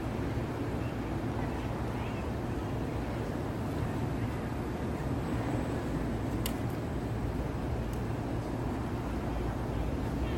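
Traffic in Midtown New York City at night makes a steady, dense low rumble that never lets up. Faint voices seem to drift through the drone, and two sharp clicks stand out, one just past six seconds and another near eight.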